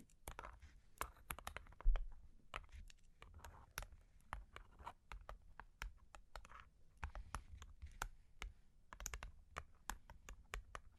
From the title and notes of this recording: Long Claws Tapping and Scratching (No Talking).